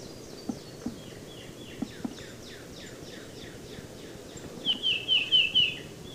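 Tufted titmouse calling: a long run of rapid, descending notes ending in four louder, clear notes, with occasional soft clicks.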